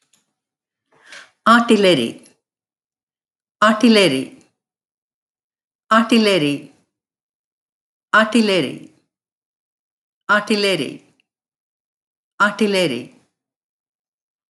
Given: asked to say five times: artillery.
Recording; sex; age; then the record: repeated word; female; 30 to 39 years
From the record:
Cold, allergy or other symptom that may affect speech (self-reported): no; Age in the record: 36 years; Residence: United States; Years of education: 16